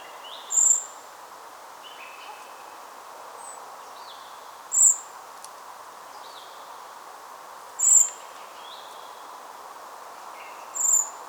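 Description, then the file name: Common blackbird call: four piercing, high, thin notes repeated roughly every three to four seconds, with soft lower whistled fragments in between and a constant hiss. "Turdus merula"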